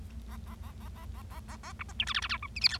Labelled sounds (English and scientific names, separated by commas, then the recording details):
Bengalese Finch (Lonchura striata domestica) song
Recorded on 25 March 2012 at 14:57
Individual gy6or6